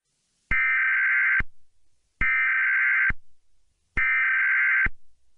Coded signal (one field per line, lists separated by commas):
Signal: Emergency Alert System (SAME) tones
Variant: header bursts